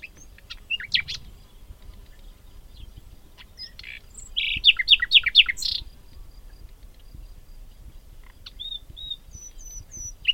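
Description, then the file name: Common nightingale song: brief high chirps, a pause, then a loud burst of rapid repeated downslurred notes, followed by a few faint thin whistles. "Luscinia megarhynchos"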